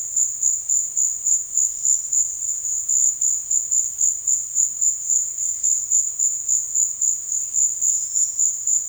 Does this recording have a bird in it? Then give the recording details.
no. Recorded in dense forest near Puerto Asís, Putumayo, Colombia, on 13 March 2025 at 15:30. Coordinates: 0.481, -76.323. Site G088